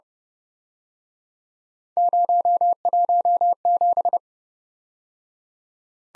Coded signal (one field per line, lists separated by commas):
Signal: Morse code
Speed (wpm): 30 wpm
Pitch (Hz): 700 Hz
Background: none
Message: 017